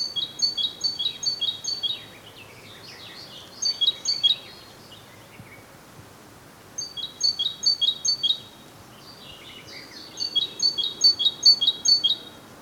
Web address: Great Tit